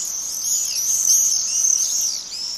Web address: Bird Song Site Swift - Martinet